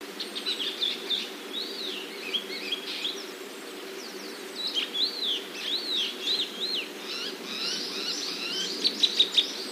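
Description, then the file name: Chestnut-cheeked starling chattering, scattered short rising and falling squeaks in uneven bursts, busier in the second half, over a steady low hum. "komuku"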